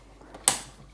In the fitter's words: like that so that's locked into place again and we're not going to select the same program